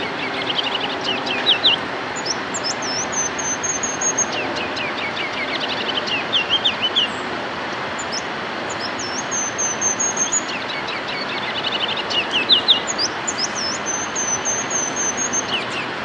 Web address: April 25 2008 4-25-2008-morning Ruby-crowned Kinglet 4-25-2008 morning